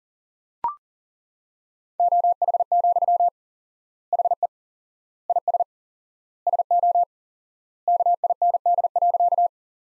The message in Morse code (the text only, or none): OH, HE IS SO KIND.